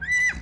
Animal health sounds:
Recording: contact call of a hoofed animal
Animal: Przewalski's horse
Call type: whinny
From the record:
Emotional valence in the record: positive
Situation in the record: food anticipation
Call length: 0.42 s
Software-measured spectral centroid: 3810 Hz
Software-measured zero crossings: 3190 a second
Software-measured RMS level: -24 dBFS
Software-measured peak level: -19 dBFS

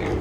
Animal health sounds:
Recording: contact call of a hoofed animal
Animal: pig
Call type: closed-mouth grunt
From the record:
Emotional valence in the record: positive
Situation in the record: food and toys in familiar pen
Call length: 0.21 s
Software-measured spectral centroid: 1570 Hz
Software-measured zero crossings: 1000 a second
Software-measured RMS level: -24 dBFS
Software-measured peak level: -14 dBFS

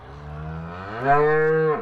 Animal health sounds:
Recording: contact call of a hoofed animal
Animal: cattle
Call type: low-frequency (closed-mouth) or high-frequency (open-mouth) call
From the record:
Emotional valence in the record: negative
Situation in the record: full separation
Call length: 1.82 s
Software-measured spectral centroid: 1050 Hz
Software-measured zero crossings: 1240 a second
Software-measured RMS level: -22 dBFS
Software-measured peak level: -8 dBFS

